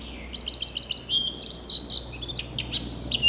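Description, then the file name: Eurasian blackcap opening with a few quick repeated notes, then breaking into a varied, higher warble with sharp whistled accents. "Sylvia atricapilla"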